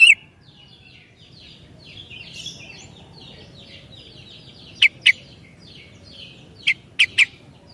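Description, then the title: Sooty-headed bulbul song: a quick run of varied warbled and chirped notes, followed by several loud, sharp clicks near the end over faint background hum. "kutilang"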